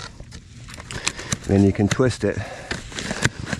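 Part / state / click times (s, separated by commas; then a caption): plastic French drain pipe into its coupling / seated / 3.2 s. A plastic French drain pipe is squeezed tight into a homemade plastic drain pipe coupling and twisted while someone talks over scattered small crackles and ticks. The two pieces snap together with a sharp click at 3.3 s, and the joint is seated tight.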